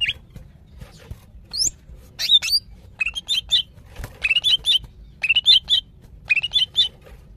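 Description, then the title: Greater green leafbird in a lively series of chirpy whistled phrases, each a quick run of rising notes, interrupted by a few thin high upward sweeps. Female, very vocal, calling to a male. "CUCAK IJO BETINA GACOR HIPER MEMANGGIL JANTAN"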